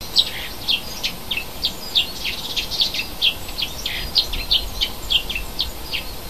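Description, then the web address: A bird gives a steady stream of high, sharp twittering notes, about two each second, over a faint background hiss. Native hedge bird, recorded in February. "oeko hecke vogel februar"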